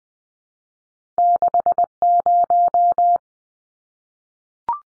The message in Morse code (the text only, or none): 60